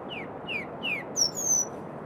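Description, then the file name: Firethroat song: three falling slurred whistles, then two thin, very high drawn-out whistles, over soft background noise. "firethroat -Calliope-pectardens"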